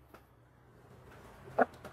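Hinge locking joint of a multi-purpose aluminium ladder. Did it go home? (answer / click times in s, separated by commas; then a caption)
yes / 1.6 s. A RONIX multi-purpose aluminium ladder is lifted and extended, and the metal hinge lock of its locking joint engages with a sharp, short click at 1.6 s, with fainter taps just before and after. The ladder is now locked in place.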